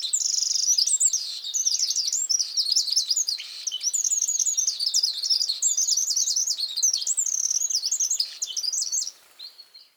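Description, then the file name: Eurasian wren singing a fast, ringing stream of high trills and chattering notes that breaks off near the end, followed by a faint note. "Troglodytes troglodytes"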